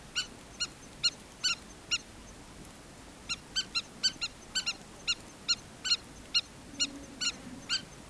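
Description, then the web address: Southern lapwing calls: sharp, strident notes repeated about two to three times a second in uneven bursts, over a steady low background hiss. "earth naturelibrary assets s so southern lapwing"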